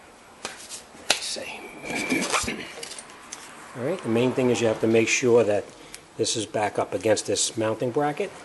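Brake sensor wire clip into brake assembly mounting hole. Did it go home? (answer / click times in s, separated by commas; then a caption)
yes / 1.1 s. A plastic brake sensor-wire clip on a 2012 Audi Q5 front brake assembly is pushed back into its mounting hole, by hand or with a screwdriver if needed. A sharp snap at 1.1 s marks the clip seating, followed by faint handling noises while someone talks.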